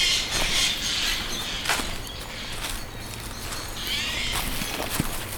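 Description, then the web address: Eurasian jay rasping screeches, one at the very start and another around four seconds in, over continuous background noise. "linnut narhi"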